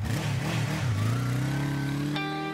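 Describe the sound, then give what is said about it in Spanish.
A motorcycle engine revs loudly and steadily, its buzzing tone climbing in pitch as it accelerates, with a brief higher whine joining in near the end. “Cuando vas en moto, el casco te salva la vida.”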